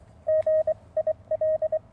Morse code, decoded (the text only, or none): GIL